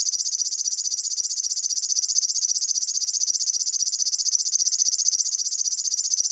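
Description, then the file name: River warbler song, a continuous dry insect-like buzzing made of rapid, evenly pulsed high notes that carry on without a break throughout. "Flodsangare"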